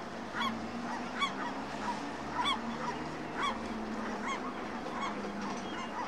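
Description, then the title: Gull cries: repeated slurred yelps, with a low droning hum underneath. Seagulls calling overhead at a bustling fishing harbour at dawn. "Harbor Harmony: The Serene Sounds of a Fishing Harbour and Seagulls"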